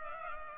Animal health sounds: mosquito wingbeat signal from an infrared sensor; Culex pipiens

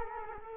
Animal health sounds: mosquito wingbeat signal from an infrared sensor; Culex quinquefasciatus

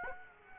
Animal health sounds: mosquito wingbeat signal from an infrared sensor; Aedes aegypti

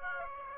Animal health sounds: mosquito wingbeat signal from an infrared sensor; Aedes aegypti

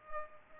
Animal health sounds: mosquito wingbeat signal from an infrared sensor; Culex pipiens

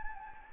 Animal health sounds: mosquito wingbeat signal from an infrared sensor; Anopheles gambiae

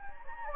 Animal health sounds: mosquito wingbeat signal from an infrared sensor; Anopheles gambiae

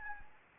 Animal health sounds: mosquito wingbeat signal from an infrared sensor; Anopheles gambiae

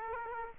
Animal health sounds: mosquito wingbeat signal from an infrared sensor; Aedes aegypti

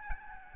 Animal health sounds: mosquito wingbeat signal from an infrared sensor; Aedes albopictus

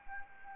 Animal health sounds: mosquito wingbeat signal from an infrared sensor; Anopheles arabiensis

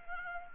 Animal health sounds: mosquito wingbeat signal from an infrared sensor; Anopheles arabiensis

